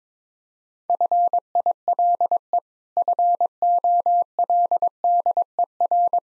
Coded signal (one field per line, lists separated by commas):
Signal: Morse code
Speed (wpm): 22 wpm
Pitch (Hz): 700 Hz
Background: none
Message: FILE FOLDER